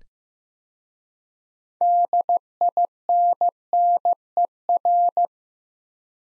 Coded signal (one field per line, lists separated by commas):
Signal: Morse code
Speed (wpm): 15 wpm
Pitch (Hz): 700 Hz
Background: none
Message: DINNER